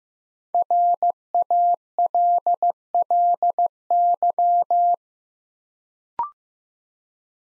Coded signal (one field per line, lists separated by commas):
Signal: Morse code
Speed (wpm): 15 wpm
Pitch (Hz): 700 Hz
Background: none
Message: RALLY